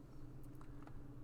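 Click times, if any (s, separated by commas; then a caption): 0.6 s, 0.8 s, 0.9 s. A small plastic engine part, likely the air cleaner assembly, of a 1:8 scale Ghostbusters Ecto-1 model kit is pushed into its mounting on the model car's engine after some struggling, over a steady low hum. Soft plastic clicks sound at 0.6, 0.8 and 0.9 seconds as the part seats fully in place.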